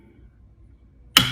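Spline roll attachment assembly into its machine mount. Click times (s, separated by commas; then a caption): 1.2 s. After its spline roll gears are aligned, the metal spline roll attachment assembly of a 192 ES is flipped back around and pushed into its mount on the machine. Over a quiet low background, a single sharp, loud click sounds at 1.2 seconds as the assembly snaps into place and seats.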